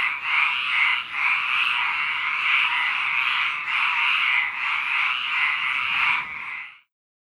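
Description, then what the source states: Frog chorus of dense, throbbing croaks that carries on steadily and then stops near the end. At a lake.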